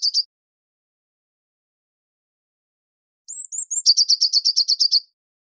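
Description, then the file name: Eurasian blue tit singing. The tail of one trill is followed, after a pause, by three sharp high descending notes and a rapid chattering trill of about a dozen pulses. "Cyanistes caeruleus"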